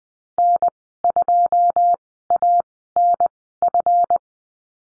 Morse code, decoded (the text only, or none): N2ANF